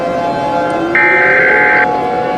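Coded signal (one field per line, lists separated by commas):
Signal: Emergency Alert System (SAME) tones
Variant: header bursts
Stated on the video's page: A fictional EAS scenario, not a real alert.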